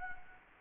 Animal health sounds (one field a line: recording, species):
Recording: mosquito wingbeat signal from an infrared sensor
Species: Anopheles gambiae